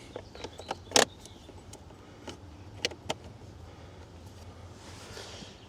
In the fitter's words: This side slides in. This side sort of pops into place.